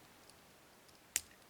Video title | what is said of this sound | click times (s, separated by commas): 898 ABUS GRANIT 68 VICTORY X-PLUS GANZUADO sub eng | ahí ese clic, y permite girar. | 1.2 s